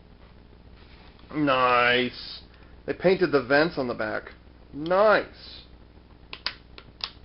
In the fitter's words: oh I love that click nice click there